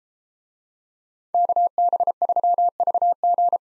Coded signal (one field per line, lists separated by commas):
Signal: Morse code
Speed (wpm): 31 wpm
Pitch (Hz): 700 Hz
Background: none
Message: KB3VG